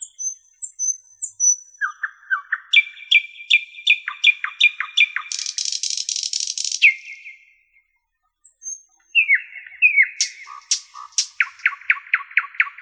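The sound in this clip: Common nightingale song in varied phrases: chirps and repeated notes, a harsh buzzing rattle, a brief silence, then rapid repeated notes again.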